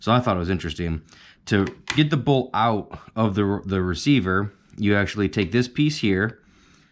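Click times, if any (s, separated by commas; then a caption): none. A man talks while handling the steel bolt head on the bolt of a 1916-dated WWI Lee-Enfield SMLE No1 MkIII bolt-action rifle, preparing to remove the bolt from the receiver. Only talk is heard, with no click. The bolt head has not yet been flipped up or clicked into place.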